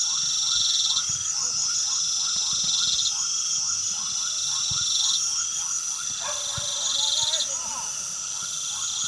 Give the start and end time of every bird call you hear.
[6.19, 7.94] bird call

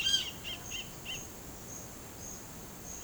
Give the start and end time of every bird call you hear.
[0.00, 1.20] bird call

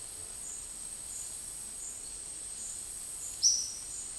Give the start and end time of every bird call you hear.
[3.32, 3.90] bird call

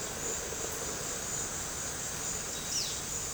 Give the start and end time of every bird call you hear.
[2.56, 2.99] bird call

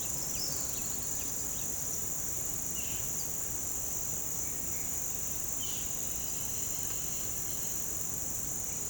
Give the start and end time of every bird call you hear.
[0.00, 1.76] bird call

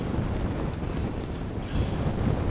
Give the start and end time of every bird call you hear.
[0.00, 2.25] bird call

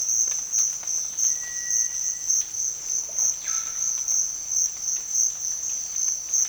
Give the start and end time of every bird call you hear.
[1.22, 2.42] bird call
[3.30, 4.12] bird call

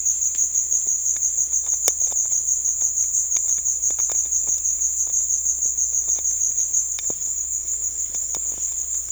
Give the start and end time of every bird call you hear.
[3.76, 4.89] bird call

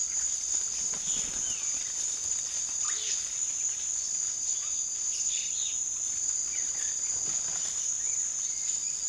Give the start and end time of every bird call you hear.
[1.01, 1.94] bird call
[2.75, 3.34] bird call
[4.66, 5.82] bird call
[6.46, 9.09] bird call

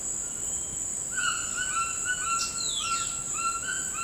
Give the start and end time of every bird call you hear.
[1.08, 4.04] bird call

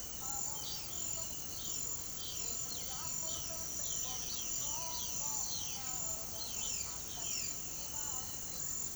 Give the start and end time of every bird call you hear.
[0.19, 7.57] bird call

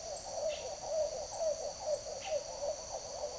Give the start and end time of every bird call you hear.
[0.00, 3.38] bird call

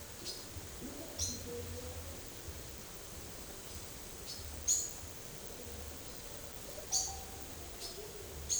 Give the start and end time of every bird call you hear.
[4.63, 4.88] bird call
[6.64, 7.49] bird call

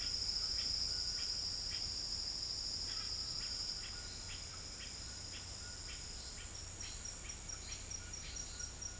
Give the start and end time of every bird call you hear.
[0.00, 1.91] bird call
[2.87, 8.41] bird call

